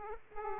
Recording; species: mosquito wingbeat signal from an infrared sensor; Aedes aegypti